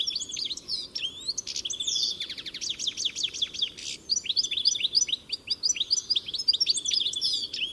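Bird chirping calls: high sweeping chirps with a fast buzzy rattle of repeated notes partway through, then more rising and falling twitters to the end.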